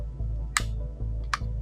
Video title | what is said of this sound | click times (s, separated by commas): Your FIRST Day With The SSX303 - Gameplay | that you go far enough until you hear a click and you make it ready to shoot | 0.6 s, 1.3 s